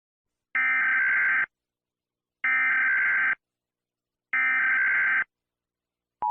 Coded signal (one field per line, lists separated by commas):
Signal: Emergency Alert System (SAME) tones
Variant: header bursts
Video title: EAS Scenario 2: Helluva Boss Massacre!